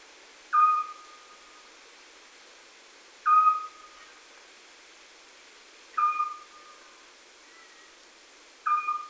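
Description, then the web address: Eurasian scops owl giving a short, clear whistled note, slightly falling at the start, repeated four times about every two and a half to three seconds in a quiet background. "chatillon hibou petit duc"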